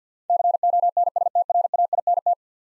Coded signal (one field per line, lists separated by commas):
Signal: Morse code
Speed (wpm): 50 wpm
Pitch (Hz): 700 Hz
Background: none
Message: CONSTRAINT